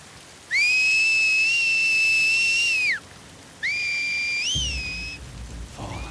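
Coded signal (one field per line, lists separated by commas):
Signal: whistle signal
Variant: Seraphite whistle (fictional)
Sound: a long steady human whistle, then a second whistle answering with a rising bend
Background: rain-like hiss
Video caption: When Scars are spread out over a large area, other Scars will carry the whistle so that everyone in the group is made aware. (the Man Down whistle is then repeated by another Seraphite)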